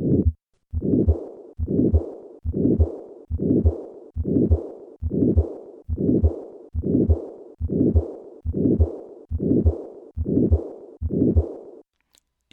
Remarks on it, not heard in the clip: A late peaking murmur of aortic stenosis combined with aortic regurgitation. I will begin with an aortic stenosis murmur and then add the diastolic murmur of aortic regurgitation.